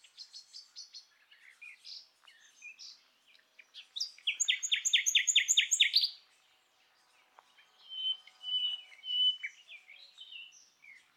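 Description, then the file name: Common nightingale singing: quick soft notes, then a loud, rapid rattling run of identical notes for two seconds, followed by clear whistled phrases. "Luscinia megarhynchos"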